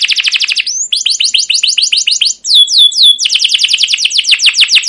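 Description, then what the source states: Canary song: rapid trills of high chirps, then a run of falling swept notes and slurred whistles, closing with another fast repeated chirping trill. Long, lively canary song used as a lure recording to train and tutor young caged canaries.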